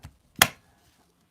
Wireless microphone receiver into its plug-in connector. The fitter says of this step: plug it in something like this and then there's a click there so it's actually good